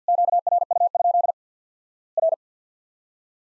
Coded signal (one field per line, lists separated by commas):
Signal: Morse code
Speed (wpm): 52 wpm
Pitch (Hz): 700 Hz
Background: none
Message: QRU? R